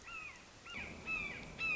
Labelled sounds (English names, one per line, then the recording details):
Red-shouldered Hawk
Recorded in Sonoma County, California